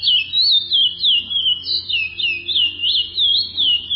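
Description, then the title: Chestnut-bellied seed finch song: a continuous run of sweet, high whistled notes swooping up and down in quick wavy loops, steady and unbroken over a faint low hum. "Canto De Curio"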